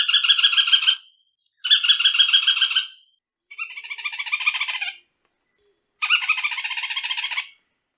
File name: canto do trepador de olho branco